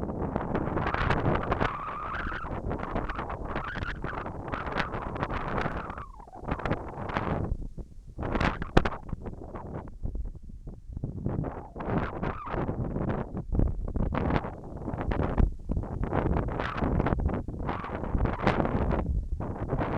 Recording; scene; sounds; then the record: everyday scene through a hearing-aid microphone; wind on the microphone; wind, whistling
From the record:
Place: in front of a rural house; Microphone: behind the ear, left, rear